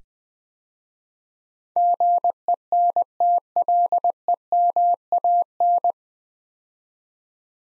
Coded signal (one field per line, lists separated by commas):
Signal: Morse code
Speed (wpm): 20 wpm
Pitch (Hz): 700 Hz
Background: none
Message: GENTLEMAN